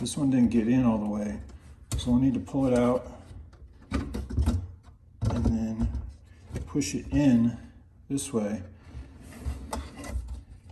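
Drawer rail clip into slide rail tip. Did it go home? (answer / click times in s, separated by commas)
yes / 9.7 s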